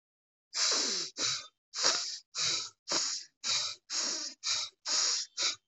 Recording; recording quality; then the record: deep breathing; excellent, no background noise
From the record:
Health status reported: COVID-19 positive, no symptoms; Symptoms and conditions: none ticked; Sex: male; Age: 34 years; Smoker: not ticked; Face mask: not worn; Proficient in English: no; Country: India